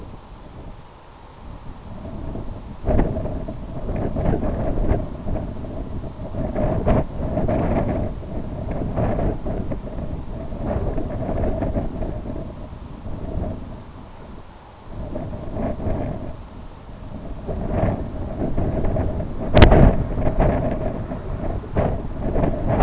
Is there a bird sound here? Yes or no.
no